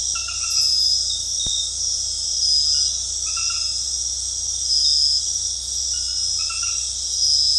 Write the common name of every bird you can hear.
none